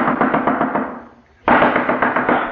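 A general pounds rapidly and heavily on a door, a steady volley of loud thuds that briefly fades, then bursts back in just as hard and keeps hammering without pause.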